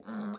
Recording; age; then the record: pig call; piglet (1 to 25 days)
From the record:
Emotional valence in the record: negative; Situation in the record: short isolation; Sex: male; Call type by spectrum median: low-frequency call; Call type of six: mixed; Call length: 0.38 s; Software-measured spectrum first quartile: 211 Hz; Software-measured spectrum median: 349 Hz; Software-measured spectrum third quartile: 1172 Hz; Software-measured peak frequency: 215 Hz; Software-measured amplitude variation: 107 dB a second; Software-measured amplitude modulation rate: 16.9 a second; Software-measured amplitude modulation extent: 6.3 dB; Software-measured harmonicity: 7.3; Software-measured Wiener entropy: -1.23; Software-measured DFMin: 1231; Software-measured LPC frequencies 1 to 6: 1306, 3716, 4176, 4955, 5866, 6463 Hz